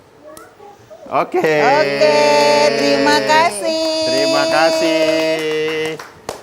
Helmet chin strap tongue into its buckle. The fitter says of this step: Sampai bunyi dia Sampai bunyi apa bunyinya klik